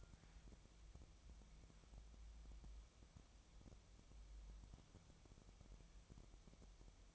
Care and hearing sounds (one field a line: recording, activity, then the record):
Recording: daily activity, microphone in the room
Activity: wipe stove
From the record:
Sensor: 1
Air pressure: 1004.8 hPa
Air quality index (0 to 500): 76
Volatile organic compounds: 2 ppm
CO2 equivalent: 1013 ppm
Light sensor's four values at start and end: 9/23/9/10 and 9/23/9/10